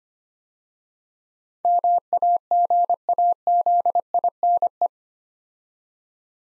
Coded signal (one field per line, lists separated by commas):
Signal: Morse code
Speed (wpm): 25 wpm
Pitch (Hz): 700 Hz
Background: none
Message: MAGAZINE